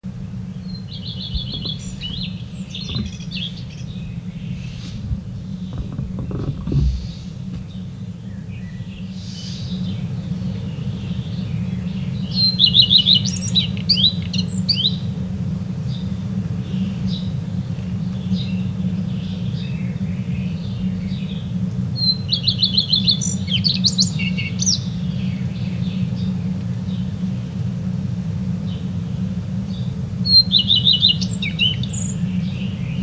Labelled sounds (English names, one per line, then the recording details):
Common Redstart song
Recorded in the wild
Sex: male
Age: adult
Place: Schloß Holte-Stukenbrock, Senne, Nordrhein-Westfalen, DE
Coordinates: 51.8722, 8.665
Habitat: farm
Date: 1973-06-03
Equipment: Uher 4200 Report Stereo, Bändchenmikro Beyer M 260, Parabolspiegel Polyester (600 mm)
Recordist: Conrads, Klaus
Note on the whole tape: Am Hof Hachmann (Furlbach-Gebiet). Männchen: Gesang